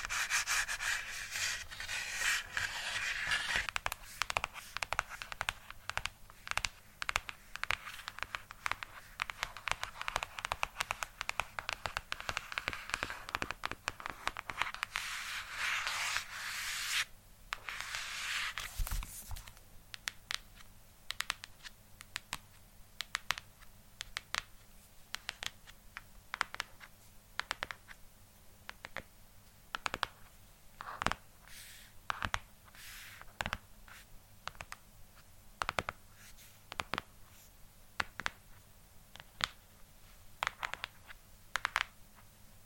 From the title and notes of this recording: ASMR Tapping For Sleep & Relaxation.